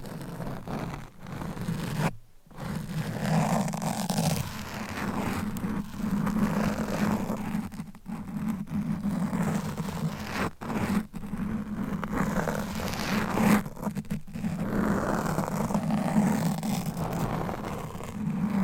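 Scratching and rubbing fill the clip with a continuous rough, papery rasp over a steady low hum. Brief silent gaps break it up, the longest near two and a half seconds, with short drops around eight, eleven and fourteen seconds.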